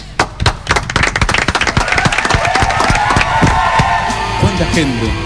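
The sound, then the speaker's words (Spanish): A studio audience bursts into dense, steady applause welcoming guests, rapid claps overlapping for several seconds, with whoops and a shrill whistle rising above the clapping. “Porque vamos a recibir con un fuerte aplauso”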